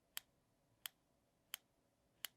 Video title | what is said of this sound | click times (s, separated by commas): How To Wear The Right Colors For Your Skin Tone | notice how at every micro adjustment you can hear the click of the belt | 0.2 s, 0.9 s, 1.5 s, 2.2 s